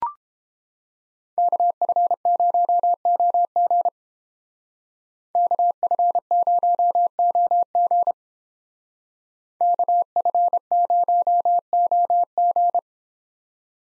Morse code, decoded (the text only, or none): KF0OG KF0OG KF0OG